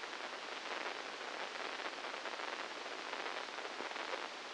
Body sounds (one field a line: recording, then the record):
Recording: brain microelectrode recording played as sound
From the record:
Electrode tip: inside the subthalamic nucleus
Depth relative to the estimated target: -3 mm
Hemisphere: left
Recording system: NeuroSet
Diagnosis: Parkinson's disease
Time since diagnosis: 15 years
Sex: female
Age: 59 years